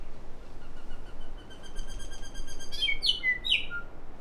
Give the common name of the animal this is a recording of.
New Zealand Bellbird